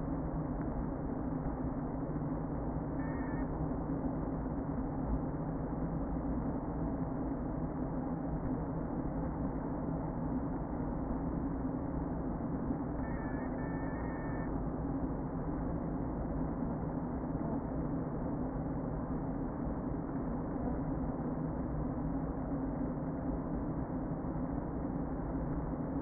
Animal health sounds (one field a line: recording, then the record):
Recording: honeybee colony, microphone inside the hive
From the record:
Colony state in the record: queen present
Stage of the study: before two queens were removed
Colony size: about 60,000 bees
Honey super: yes